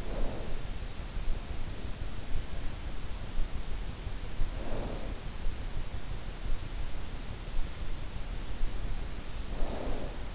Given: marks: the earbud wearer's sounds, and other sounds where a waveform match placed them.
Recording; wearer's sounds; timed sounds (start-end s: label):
sounds in sleep by an in-ear microphone; snoring breath
0.00-0.54 s: snoring breath
4.51-5.09 s: snoring breath
9.32-10.34 s: snoring breath